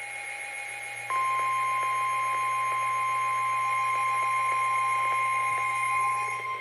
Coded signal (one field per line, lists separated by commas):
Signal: Emergency Alert System (SAME) tones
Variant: 1050 Hz attention tone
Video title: EAS #830-831 (DOUBLE-HEADER) NOAA Weather Radios (WR-300/WR-400) 2 PHI FLW's 7/9/23 9:51 PM EDT